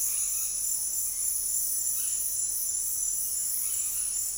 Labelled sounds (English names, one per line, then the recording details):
none
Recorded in dense forest near Puerto Asís, Putumayo, Colombia, on 24 March 2025 at 17:30
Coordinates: 0.503, -76.323
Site GP09